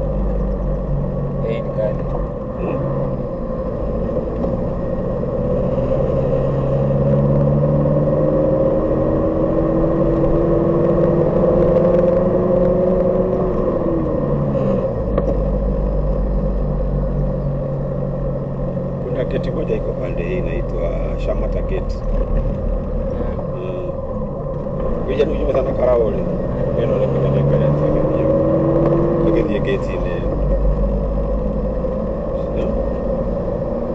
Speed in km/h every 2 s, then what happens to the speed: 30, 23, 24, 26, 31, 34, 36, 32, 31, 29, 27, 25, 20, 23, 32, 33, 37.
0-3 slows to 23. 3-12 speeds up to 36. 12-24 slows to 20. 24-34 speeds up to 37.